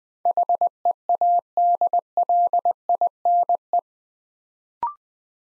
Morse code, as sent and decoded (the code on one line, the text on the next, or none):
.... . .- -.. .-.. .. -. .
HEADLINE